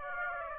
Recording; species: mosquito wingbeat signal from an infrared sensor; Aedes aegypti